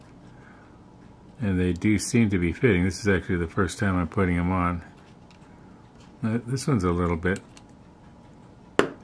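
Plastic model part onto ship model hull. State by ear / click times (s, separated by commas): seated / 8.8 s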